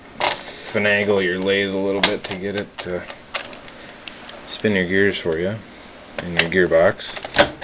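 Someone talks while handling a metal lathe, rocking the chuck by hand so the gears in the quick-change gearbox line up for the gear selector lever. Short, sharp metallic knocks are heard around 3.4 to 4.3 s, with a louder one at 7.6 s. The clip ends before the lever engages, and nothing has seated or clicked into position yet.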